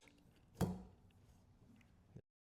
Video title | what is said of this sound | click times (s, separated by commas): How to Replace Porsche Wiper Blades (911, Cayman, Boxster) | and then slide it up until you hear it click. | 0.6 s